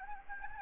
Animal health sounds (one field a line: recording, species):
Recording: mosquito wingbeat signal from an infrared sensor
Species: Anopheles gambiae